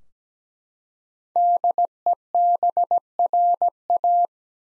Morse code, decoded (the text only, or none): DEBRA